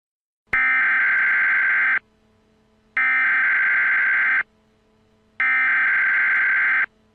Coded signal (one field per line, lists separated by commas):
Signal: Emergency Alert System (SAME) tones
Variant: header bursts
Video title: Mandela EAS Scenario | Alternate Universe REMASTERED